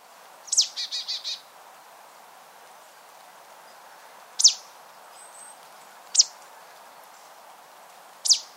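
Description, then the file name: Marsh tit giving one sharp note followed by a quick run of buzzy, nasal notes, then three lone sharp high notes spaced about two seconds apart. "Poecile palustris"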